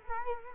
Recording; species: mosquito wingbeat signal from an infrared sensor; Culex quinquefasciatus